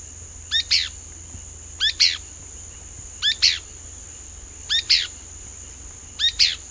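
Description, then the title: Pale-breasted spinetail calling a quick doubled phrase, a clipped note followed by a harsher one, given five times roughly every one and a half seconds against constant hiss. Subspecies Synallaxis albescens josephinae, assumed from the location. "LuckyPassaro Completos2Sama. Pale-breasted Spinetail (Synallaxis albescens josephinae (ssp assumed from location))"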